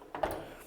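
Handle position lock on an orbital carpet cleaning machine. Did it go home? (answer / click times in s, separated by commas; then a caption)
yes / 0.2 s. The handle of an Oxy-Dry Orbitec OP orbital carpet cleaning machine is moved down into its bottom working position. Two short knocks, both around 0.2 s, mark the handle latching, followed by a faint fading tail. The handle locks in place in that position.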